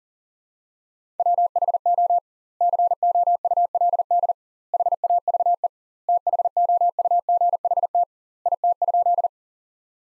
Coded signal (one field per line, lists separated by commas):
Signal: Morse code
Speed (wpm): 40 wpm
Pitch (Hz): 700 Hz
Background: none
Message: WHO COULD HAVE THOUGHT IT?